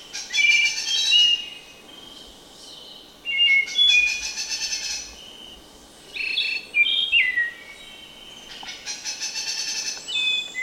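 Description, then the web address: Spotted nightingale-thrush song: melodic whistled phrases with falling notes, every few seconds, mixed with buzzy, rattling bursts and steady background hiss. Ecuador. "Natures Songs S America Birds of Ecuador. Spotted Nightingale-Thrush"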